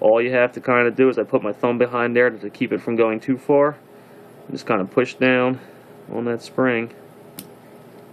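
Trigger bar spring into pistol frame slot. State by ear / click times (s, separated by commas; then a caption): seated / 7.4 s. Someone talks while pressing down on the trigger bar spring of a Beretta 92FS pistol, with a thumb held behind it to keep it from going too far. At 7.4 s a sharp click is heard as the spring snaps up into its slot in the pistol frame, seating it in place.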